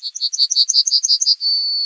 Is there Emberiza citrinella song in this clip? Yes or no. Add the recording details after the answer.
yes. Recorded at under 5 m from the bird. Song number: 141